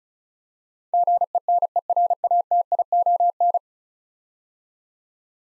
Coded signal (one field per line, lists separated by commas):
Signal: Morse code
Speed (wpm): 36 wpm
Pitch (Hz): 700 Hz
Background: none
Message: GENERATION